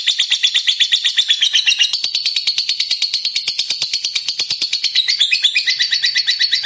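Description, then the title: Lovebird song as fast, even pulses of high, buzzy chattering, varying slightly in pitch across nearly seven seconds. Fighter-type lovebird described as gacor, meaning in full, frequent song. "Berkat SUARA Lovebird FIGHTER GACOR Ini"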